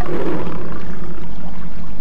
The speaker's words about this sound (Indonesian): Oh, Ki, suara harimau itu, Ki. Ayo, cepat kita ke sana. Jangan sampai harimau itu mendahului kita.